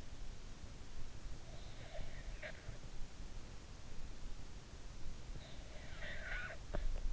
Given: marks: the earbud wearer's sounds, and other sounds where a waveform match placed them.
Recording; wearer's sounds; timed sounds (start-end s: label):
sounds in sleep by an in-ear microphone; breath
1.43-2.98 s: breath
5.49-7.13 s: breath